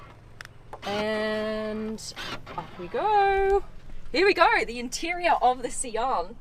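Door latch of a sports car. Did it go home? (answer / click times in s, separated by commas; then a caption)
released / 0.4 s. A small press on the door release of a sports car makes the door latch give a short, sharp click at 0.4 s before the door opens, leaving the latch released. Someone then talks.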